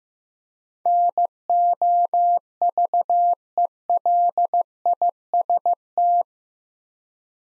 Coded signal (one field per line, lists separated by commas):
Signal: Morse code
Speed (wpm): 15 wpm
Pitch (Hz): 700 Hz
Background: none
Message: NOVELIST